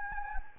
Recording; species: mosquito wingbeat signal from an infrared sensor; Anopheles gambiae